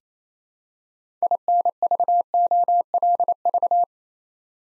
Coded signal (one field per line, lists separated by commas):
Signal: Morse code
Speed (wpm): 27 wpm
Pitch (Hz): 700 Hz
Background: none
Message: INVOLV